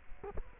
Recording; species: mosquito wingbeat signal from an infrared sensor; Culex quinquefasciatus